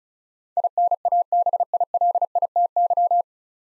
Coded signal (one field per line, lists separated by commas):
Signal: Morse code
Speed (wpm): 36 wpm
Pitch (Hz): 700 Hz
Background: none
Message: INABILITY